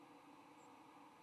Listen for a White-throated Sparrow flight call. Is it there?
no